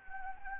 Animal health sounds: mosquito wingbeat signal from an infrared sensor; Anopheles gambiae

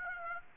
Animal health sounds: mosquito wingbeat signal from an infrared sensor; Aedes aegypti

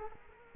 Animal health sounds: mosquito wingbeat signal from an infrared sensor; Culex quinquefasciatus

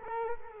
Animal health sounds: mosquito wingbeat signal from an infrared sensor; Culex quinquefasciatus

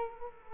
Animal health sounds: mosquito wingbeat signal from an infrared sensor; Culex quinquefasciatus

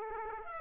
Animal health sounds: mosquito wingbeat signal from an infrared sensor; Aedes aegypti

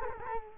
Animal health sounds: mosquito wingbeat signal from an infrared sensor; Culex quinquefasciatus

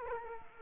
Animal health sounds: mosquito wingbeat signal from an infrared sensor; Culex quinquefasciatus

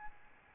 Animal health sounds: mosquito wingbeat signal from an infrared sensor; Aedes albopictus

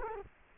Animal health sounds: mosquito wingbeat signal from an infrared sensor; Culex quinquefasciatus

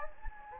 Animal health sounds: mosquito wingbeat signal from an infrared sensor; Anopheles gambiae

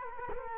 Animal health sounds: mosquito wingbeat signal from an infrared sensor; Culex quinquefasciatus

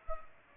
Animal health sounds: mosquito wingbeat signal from an infrared sensor; Culex pipiens

